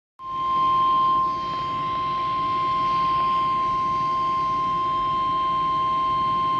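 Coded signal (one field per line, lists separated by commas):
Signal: Emergency Alert System (SAME) tones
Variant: 1050 Hz attention tone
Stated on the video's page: Real alerts with valid SAME headers from a Quebec snow squall event, including a Snow Squall Warning.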